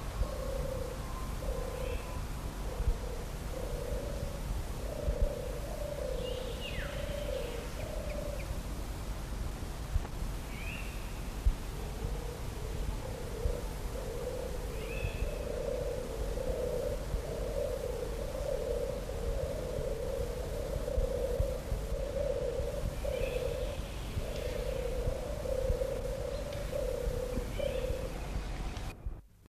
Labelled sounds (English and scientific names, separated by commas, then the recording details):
European Turtle Dove (Streptopelia turtur) call
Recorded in the wild
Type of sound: call
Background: Oriolus oriolus
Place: Quickborn
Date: 1979-07-07
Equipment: Halbspur, 9,5 cm/s
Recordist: Lütgens, Hans
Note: Zwei bis drei Turteltauben gleichzeitig. Wald zwischen Quickborn und Großbusbaum (?). Lichter Kiefernwald mit Schwingelschmiele